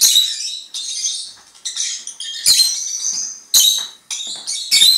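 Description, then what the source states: Lovebird chatter: high, buzzy squeaks and twittering phrases in short bursts with brief pauses between them. Several lovebirds (Agapornis) singing.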